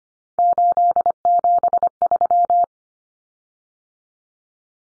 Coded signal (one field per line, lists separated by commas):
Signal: Morse code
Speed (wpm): 25 wpm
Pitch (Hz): 700 Hz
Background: none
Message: 873